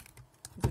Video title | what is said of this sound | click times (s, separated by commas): Пришли наши подарки. Обзор как обещала) | Вот, закрылась, и фиксатором зафиксировалась. | 0.5 s, 0.6 s